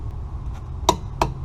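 A click-type torque wrench is pulled again on a bolt, and it gives a sharp metallic click at its preset torque at 0.9 s and again at 1.2 s over a low background hum. The wrench is confirmed to reach its setting.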